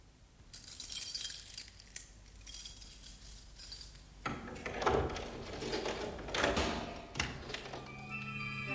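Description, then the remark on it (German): Keys jingle and scrape in a lock for a few seconds, then a firmer clunk gives way to rattling and scraping as a door is pushed open, ending in a few knocks. “Ein matter, warmer Schein kam durch die geöffnete Türe.”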